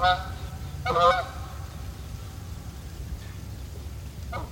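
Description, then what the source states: Goose: geese honking: two nasal honks in quick succession, then fainter calls, over a steady low rumble of wind. Geese flying, with icy winter wind.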